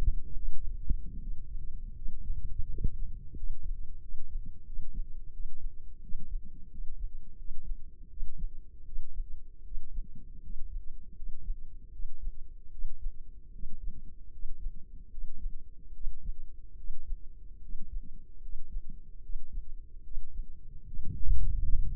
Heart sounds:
heart sounds by microphone in the left ear; 79 bpm
0.32 s: heartbeat
1.16 s: heartbeat
1.91 s: heartbeat
2.64 s: heartbeat
3.32 s: heartbeat
3.97 s: heartbeat
4.62 s: heartbeat
5.29 s: heartbeat
5.98 s: heartbeat
6.67 s: heartbeat
7.34 s: heartbeat
8.07 s: heartbeat
8.82 s: heartbeat
9.61 s: heartbeat
10.39 s: heartbeat
11.12 s: heartbeat
11.89 s: heartbeat
12.68 s: heartbeat
13.49 s: heartbeat
14.28 s: heartbeat
15.07 s: heartbeat
15.90 s: heartbeat
16.73 s: heartbeat
17.58 s: heartbeat
18.38 s: heartbeat
19.19 s: heartbeat
20.00 s: heartbeat
20.82 s: heartbeat
21.62 s: heartbeat
From the record:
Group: healthy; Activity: rest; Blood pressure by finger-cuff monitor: 107/61 mmHg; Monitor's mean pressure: 72 mmHg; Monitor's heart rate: 76 bpm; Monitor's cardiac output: 5.5 L/min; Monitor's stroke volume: 71 mL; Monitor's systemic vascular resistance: 940 dyn s/cm5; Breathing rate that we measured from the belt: 16 breaths a minute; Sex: male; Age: 20 years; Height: 167 cm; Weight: 61 kg

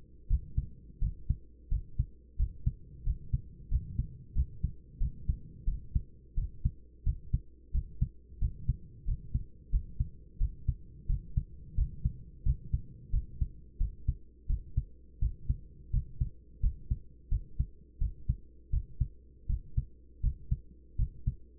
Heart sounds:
heart sounds by stethoscope; 87 bpm
0.28 s: heartbeat
1.00 s: heartbeat
1.70 s: heartbeat
2.37 s: heartbeat
3.05 s: heartbeat
3.70 s: heartbeat
4.34 s: heartbeat
4.99 s: heartbeat
5.65 s: heartbeat
6.36 s: heartbeat
7.04 s: heartbeat
7.72 s: heartbeat
8.40 s: heartbeat
9.06 s: heartbeat
9.71 s: heartbeat
10.39 s: heartbeat
11.07 s: heartbeat
11.76 s: heartbeat
12.44 s: heartbeat
13.11 s: heartbeat
13.78 s: heartbeat
14.48 s: heartbeat
15.20 s: heartbeat
15.92 s: heartbeat
16.61 s: heartbeat
17.30 s: heartbeat
17.99 s: heartbeat
18.71 s: heartbeat
19.48 s: heartbeat
20.22 s: heartbeat
20.97 s: heartbeat
From the record:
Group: healthy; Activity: rest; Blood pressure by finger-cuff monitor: 114/62 mmHg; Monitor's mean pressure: 79 mmHg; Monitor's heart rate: 87 bpm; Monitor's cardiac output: 9.3 L/min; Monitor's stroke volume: 107 mL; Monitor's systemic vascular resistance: 620 dyn s/cm5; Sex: male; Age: 24 years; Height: 184 cm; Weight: 89 kg

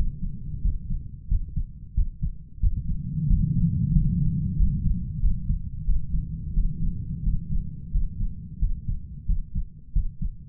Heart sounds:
heart sounds by stethoscope; 90 bpm
0.62 s: heartbeat
1.28 s: heartbeat
1.94 s: heartbeat
2.60 s: heartbeat
3.27 s: heartbeat
3.93 s: heartbeat
4.56 s: heartbeat
5.20 s: heartbeat
5.84 s: heartbeat
6.53 s: heartbeat
7.23 s: heartbeat
7.91 s: heartbeat
8.59 s: heartbeat
9.26 s: heartbeat
9.93 s: heartbeat
From the record:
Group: healthy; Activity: rest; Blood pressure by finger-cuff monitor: 114/75 mmHg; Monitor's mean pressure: 86 mmHg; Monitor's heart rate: 91 bpm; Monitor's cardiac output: 7.5 L/min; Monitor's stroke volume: 83 mL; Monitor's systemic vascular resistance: 860 dyn s/cm5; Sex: male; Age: 33 years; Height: 179 cm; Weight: 80.4 kg

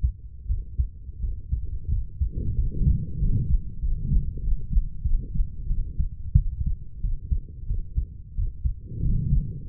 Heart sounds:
heart sounds by stethoscope; 91 bpm
0.47 s: heartbeat
1.20 s: heartbeat
1.89 s: heartbeat
2.55 s: heartbeat
3.18 s: heartbeat
3.80 s: heartbeat
4.41 s: heartbeat
5.03 s: heartbeat
5.67 s: heartbeat
6.35 s: heartbeat
7.01 s: heartbeat
7.67 s: heartbeat
8.35 s: heartbeat
9.03 s: heartbeat
9.66 s: heartbeat
From the record:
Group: healthy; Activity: rest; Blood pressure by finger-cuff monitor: 126/39 mmHg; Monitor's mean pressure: 64 mmHg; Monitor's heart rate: 91 bpm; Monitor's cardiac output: 9.5 L/min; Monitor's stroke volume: 101 mL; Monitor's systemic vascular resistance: 400 dyn s/cm5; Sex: female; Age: 32 years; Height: 168 cm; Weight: 61.9 kg

